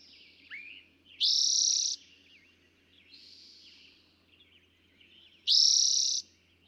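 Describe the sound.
Eastern towhee song, two loud rising buzzy trills about four seconds apart, with softer chatter around them.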